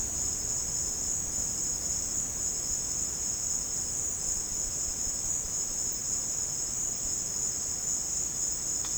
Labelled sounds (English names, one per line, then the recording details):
none
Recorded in pastures near Puerto Asís, Putumayo, Colombia, on 25 June 2025 at 16:00
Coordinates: 0.496, -76.326
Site GP01